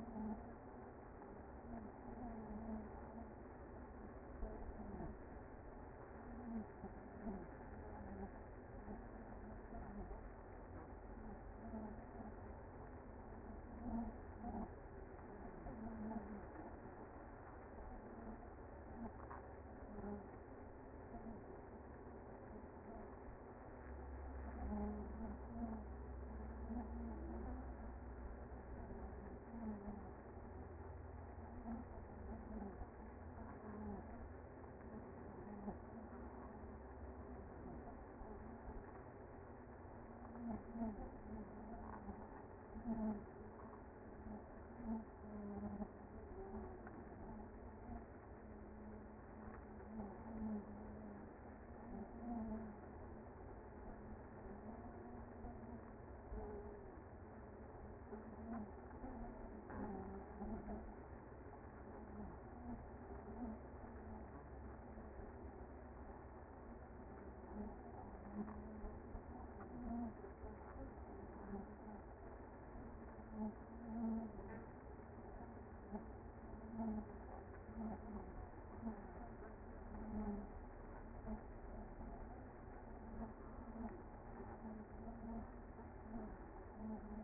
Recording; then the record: honeybee colony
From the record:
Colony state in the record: active